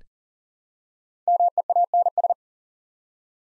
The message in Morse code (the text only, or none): MEANS